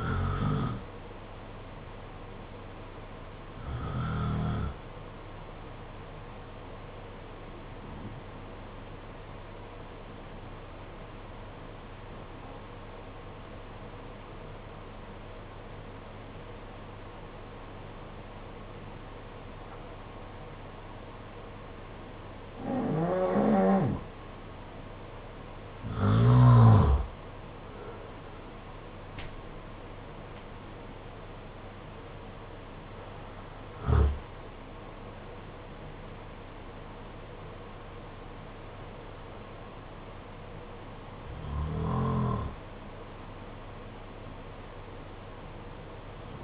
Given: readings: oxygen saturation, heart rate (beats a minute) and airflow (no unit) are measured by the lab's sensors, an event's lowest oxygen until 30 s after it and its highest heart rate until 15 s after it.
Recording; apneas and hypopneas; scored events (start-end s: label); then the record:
breathing in sleep by a voice recorder at the bedside; 1
11.00-25.10 s: obstructive apnea (N2, oxygen 95% highest, then 86% lowest, heart rate 53 at the start, 66 highest)
17.00-46.44 s: new sleep stage, N1 (lightest sleep)
From the record:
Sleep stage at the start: N2 (light sleep); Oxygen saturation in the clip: 87 to 95%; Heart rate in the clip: 50 to 66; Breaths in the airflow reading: 8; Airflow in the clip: -9.3 to 9.6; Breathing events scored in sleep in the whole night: 476 in 9.7 hours asleep